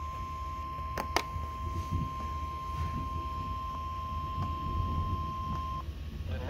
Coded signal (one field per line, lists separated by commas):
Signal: Emergency Alert System (SAME) tones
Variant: 1050 Hz attention tone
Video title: EAS #609: SVR